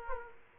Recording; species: mosquito wingbeat signal from an infrared sensor; Aedes aegypti